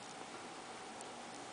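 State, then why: Not seated. The hammer of a Mossberg 500 shotgun trigger group is cocked by hand again toward its locked position on the sear, heard under steady broadband hiss with a faint brief tick around 1.0 s. The clip ends just before the part goes home; nothing has seated or clicked yet.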